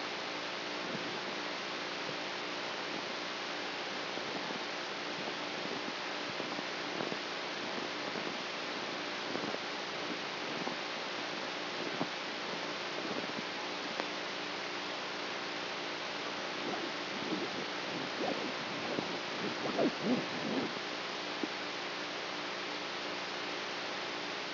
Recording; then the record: brain microelectrode recording played as sound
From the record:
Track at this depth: outside the subthalamic nucleus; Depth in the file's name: 0.806 mm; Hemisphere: right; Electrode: 3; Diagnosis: Parkinson's disease